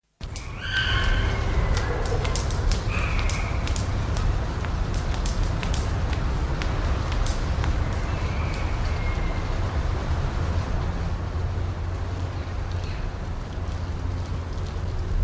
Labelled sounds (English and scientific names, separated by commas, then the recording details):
Reindeer (Rangifer tarandus)
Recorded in captivity
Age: adult
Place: Zoo Osnabrück, Niedersachsen, DE
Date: 1991-09-09 10:30
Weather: overcast, 13°C
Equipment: Marantz CP 430, Kopie Tesla B 116
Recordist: Tembrock, Günter
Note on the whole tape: Gelenkgeräusche beim Laufen